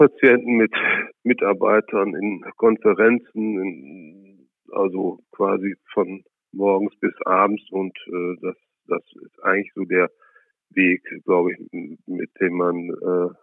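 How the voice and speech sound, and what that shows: Adult male speaker who has stuttered since childhood, speaking German. Stuttering is mild, mostly sound prolongations rather than blocks, with a word repetition and filled pauses.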